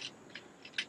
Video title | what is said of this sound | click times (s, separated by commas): ESEE Knives Favorite Gear: Axes and Saws | not sure on the length of this blade the saw blade locks into place | 0.8 s